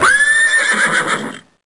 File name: Horse